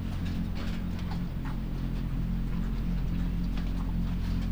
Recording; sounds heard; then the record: poultry house recording; sick chickens (respiratory disease)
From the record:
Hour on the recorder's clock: 23